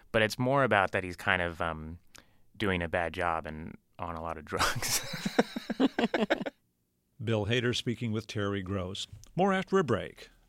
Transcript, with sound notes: But it's more about that he's kind of doing a bad job and on a lot of drugs.
(LAUGHTER)
Bill Hader, speaking with Terry Gross. More after a break;